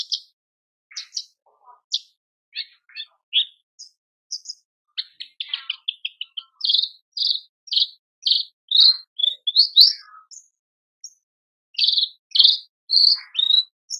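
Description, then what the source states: Horsfield's bush lark singing a fast, busy stream of high chirps and buzzy notes, bunched into rapid bursts with short pauses between them. Masteran tutor recording for training caged birds; described as super gacor, singing persistently.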